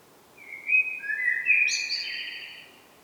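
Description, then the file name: Common blackbird giving a mellow whistled phrase that climbs into a bright, squeaky high twitter and then fades out. "Turdus merula"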